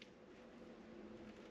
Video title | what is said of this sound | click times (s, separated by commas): Solar panel installation for Eco Flow Delta Pro | you can hear another click | 0.0 s